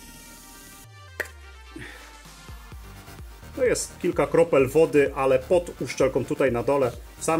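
The hinged plastic protective cover on a surface-mounted socket is opened after a splash test to check for water inside, snapping open with a short sharp click at 1.2 s. Music plays at the start, and then someone talks.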